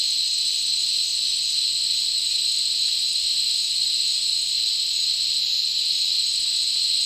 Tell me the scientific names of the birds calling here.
none